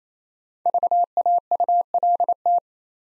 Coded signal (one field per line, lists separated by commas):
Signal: Morse code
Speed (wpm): 28 wpm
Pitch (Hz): 700 Hz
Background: none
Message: VAULT